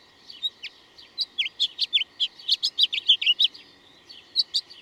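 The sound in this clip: Bird song of quick, sharp chirps and short twittering notes through most of the stretch.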